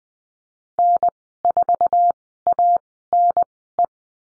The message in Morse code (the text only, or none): N4ANE